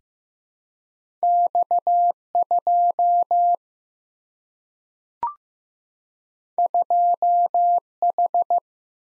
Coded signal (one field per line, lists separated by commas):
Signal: Morse code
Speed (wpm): 15 wpm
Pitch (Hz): 700 Hz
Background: none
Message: X2 2H